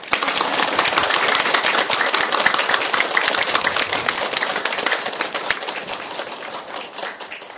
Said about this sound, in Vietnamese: Xin được cung kính giới thiệu cùng với Phật tử, đề nghị cho một tràng pháo tay thật dài để cung đón Thượng tọa giảng sư quang lâm chùa Trình Thủy.